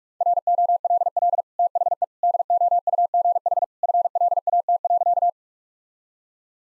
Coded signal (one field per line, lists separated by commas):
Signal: Morse code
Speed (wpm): 44 wpm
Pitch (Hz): 700 Hz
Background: none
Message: ROLL THE DOUGH FLAT.